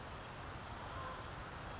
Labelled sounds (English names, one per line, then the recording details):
California Towhee
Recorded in Sonoma County, California